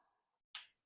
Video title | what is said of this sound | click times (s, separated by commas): Kizer Varatas Disassembly and possible Skiff upgrade? | all right you hear that lovely snap | 0.6 s